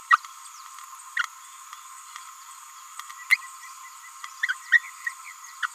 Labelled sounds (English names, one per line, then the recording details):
Green-rumped Parrotlet babbling
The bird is a male
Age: 29 days
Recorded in a nest box in Venezuela
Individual 17B31A1